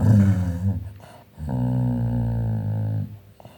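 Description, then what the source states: Dog giving a short rough growl, then after a pause a steadier low rumbling growl lasting about one and a half seconds. Described as angry, playing.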